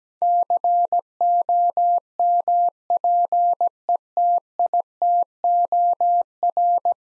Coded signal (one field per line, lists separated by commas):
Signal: Morse code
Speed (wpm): 17 wpm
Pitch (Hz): 700 Hz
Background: none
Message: COMPETITOR